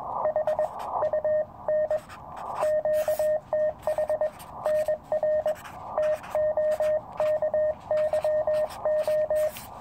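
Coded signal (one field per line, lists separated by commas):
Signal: Morse code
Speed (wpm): 21 wpm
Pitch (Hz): 610 Hz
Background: radio noise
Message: HUN QTH NR TOKYO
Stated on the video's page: 40 m field operation using a homemade ultralight end-fed Zepp antenna on a mountain, for QRP use.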